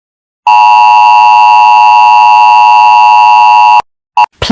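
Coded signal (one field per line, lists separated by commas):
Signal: Emergency Alert System (SAME) tones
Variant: 853 and 960 Hz attention tone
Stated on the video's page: Fictional EAS scenario.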